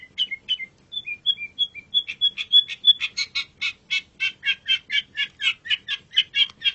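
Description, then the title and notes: Long-tailed shrike with a few spaced whistles that build into a fast, steady series of scratchy chattering notes, roughly three per second. Champion (juara) bird singing (kicauan). "Kicau Burung Cendet Juara. Audio Kicauan Burung Cendet Juara"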